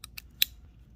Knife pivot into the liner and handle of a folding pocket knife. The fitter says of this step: get that click see get that nice click going on once